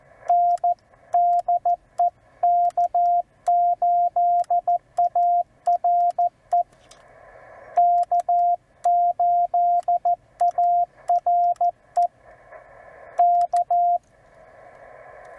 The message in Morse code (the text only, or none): N DE K8ARE K8ARE K